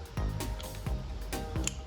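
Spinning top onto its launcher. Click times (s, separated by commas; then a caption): 1.7 s. A plastic spinning top is pushed firmly onto its launcher over music, with soft knocks and scrapes at about 0.2, 0.4 and 1.3 seconds. A sharp, loud click at 1.7 seconds marks the top seating on the launcher.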